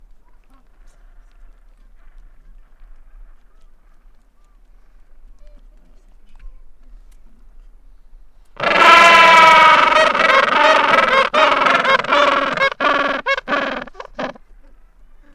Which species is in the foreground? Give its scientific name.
Pygoscelis papua